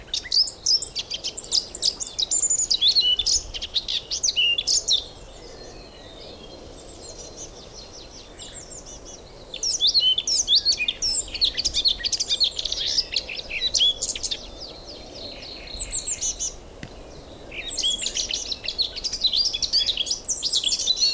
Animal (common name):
Eurasian Blackcap